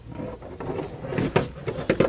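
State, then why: Seated. A new turn signal combination switch for a Chevy Silverado 2500 is plugged into its wiring connector below the steering column and pushed in until it locks. A series of short plastic knocks and rattles is heard, with the sharpest clicks at 1.4 s and 1.9 s. The connector is locked into place.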